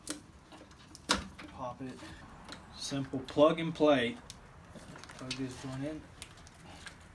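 A plug-and-play wiring connector is handled at its mating socket on a wrecked Jeep Rubicon being rebuilt, while someone talks. Only brief taps and ticks of handling are heard, and nothing has seated or clicked yet.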